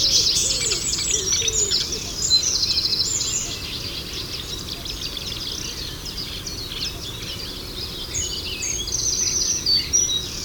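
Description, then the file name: Eurasian wren singing rapid, high trilled phrases early and late, with many other small birds chirping throughout. "Zaunkoenig"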